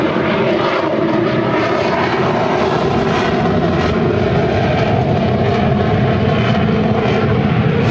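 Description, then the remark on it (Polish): A WWII Mustang propeller fighter plane's engine roars steadily and loudly, a dense droning rumble with layered low harmonic tones that holds unbroken throughout, with no voices. “Mustang, Fundacja Latające Muzeum Polskich Sił Powietrznych, zajmuje się upamiętnieniem działań lotnictwa polskiego walczącego w czasach II wojny światowej na Zachodzie.”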